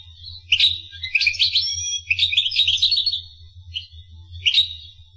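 Finch song: jumbled high twitters and chirps running for about three seconds, followed by a few isolated high notes, with a low hum in the background.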